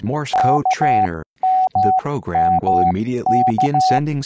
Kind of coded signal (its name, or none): Morse code